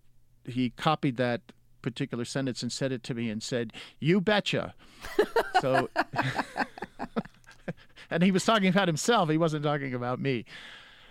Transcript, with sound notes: he copied that particular sentence and sent it to me and said, you betcha. So...
(LAUGHTER)
And he was talking about himself. He wasn't talking about me.